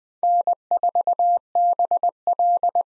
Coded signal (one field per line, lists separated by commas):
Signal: Morse code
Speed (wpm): 20 wpm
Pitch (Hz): 700 Hz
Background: none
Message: N4BL